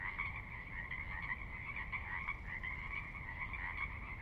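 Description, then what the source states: Pacific Chorus Frog chorus with continuous overlapping creaky croaks, unbroken and steady, above a constant low rush of water. Chorus recorded at midnight on the valley floor of Sinlahekin Valley, Sinlahekin Wildlife Area, Washington, near the Cascades; distant water spillage in background; unprocessed raw recording.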